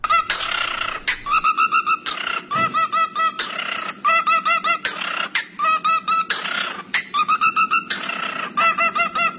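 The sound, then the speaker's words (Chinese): A parrot beatboxes alone, firing off loud, rapid runs of clicky, chirping squawks in tight rhythmic bursts, each run separated by brief pauses like repeated drum patterns. “在网上前段时间出现了一个会 B-box 的鹦鹉，来听听他的 B-box。”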